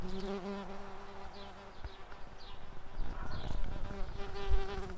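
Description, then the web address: Brown-banded carder bee buzzing: a low droning hum that fades out midway and returns near the end, over steady rustling background noise. Queens. "bumblebees Humilis-queens"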